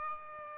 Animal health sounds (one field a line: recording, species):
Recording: mosquito wingbeat signal from an infrared sensor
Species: Aedes albopictus